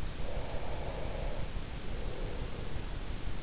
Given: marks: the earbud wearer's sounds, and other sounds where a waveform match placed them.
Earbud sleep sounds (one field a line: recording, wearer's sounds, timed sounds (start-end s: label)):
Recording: sounds in sleep by an in-ear microphone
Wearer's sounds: breath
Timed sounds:
0.07-3.30 s: breath